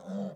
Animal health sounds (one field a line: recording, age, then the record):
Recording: pig call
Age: piglet (1 to 25 days)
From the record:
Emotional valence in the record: negative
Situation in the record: short isolation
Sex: male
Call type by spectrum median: low-frequency call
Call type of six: low-frequency stable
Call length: 0.36 s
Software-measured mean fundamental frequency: 65 Hz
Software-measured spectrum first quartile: 196 Hz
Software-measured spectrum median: 297 Hz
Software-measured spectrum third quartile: 614 Hz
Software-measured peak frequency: 192 Hz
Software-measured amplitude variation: 109 dB a second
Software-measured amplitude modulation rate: 17.9 a second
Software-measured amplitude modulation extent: 6.1 dB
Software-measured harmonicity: 6.2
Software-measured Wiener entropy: -0.25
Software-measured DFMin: 917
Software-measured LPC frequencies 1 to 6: 575, 1429, 3333, 3658, 4621, 5635 Hz